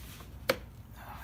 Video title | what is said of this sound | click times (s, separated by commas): Chrysler 300 K&N Cold Air Intake: How To Install A Cold Air Intake - Full Installation Guide | right here just snaps into place | 0.5 s